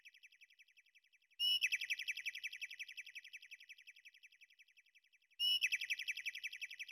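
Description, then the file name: Bird chirping: a loud, rapid high twittering trill bursts out and slowly fades, then starts again about four seconds later, with no other sounds. "shebetaniya ptici"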